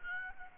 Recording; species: mosquito wingbeat signal from an infrared sensor; Aedes albopictus